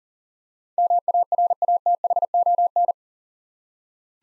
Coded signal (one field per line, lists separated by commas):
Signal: Morse code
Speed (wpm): 44 wpm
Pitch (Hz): 700 Hz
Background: none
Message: MARATHON